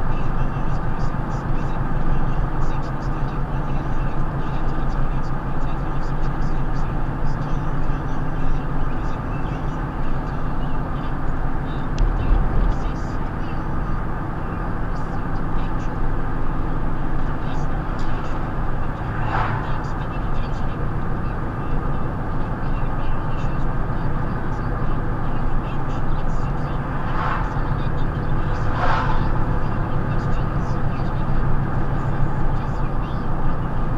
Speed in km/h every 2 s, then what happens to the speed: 55, 55, 55, 55, 55, 53, 55, 56, 55, 55, 56, 58, 58, 58, 60, 58, 56.
0-34 steady at about 55.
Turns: none.